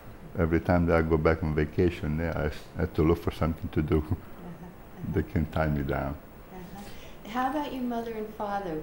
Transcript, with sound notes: Every time that I go back on vacation there I have to look for something to do [laughs] that can tie me down.
Uh-huh, how about your mother and father?